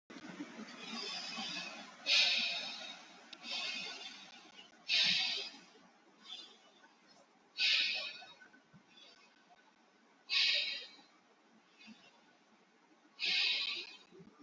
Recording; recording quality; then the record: deep breathing; excellent, no background noise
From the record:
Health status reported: healthy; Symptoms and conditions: hypertension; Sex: male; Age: 28 years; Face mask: not worn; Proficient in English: yes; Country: India